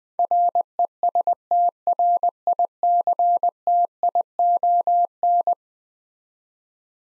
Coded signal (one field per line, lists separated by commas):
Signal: Morse code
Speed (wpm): 21 wpm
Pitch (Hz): 700 Hz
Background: none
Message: RESTRICTION